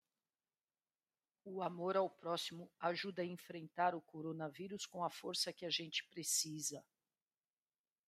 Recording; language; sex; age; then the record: spoken sentence; Brazilian Portuguese; female; 40 to 49 years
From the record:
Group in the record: control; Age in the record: 48 years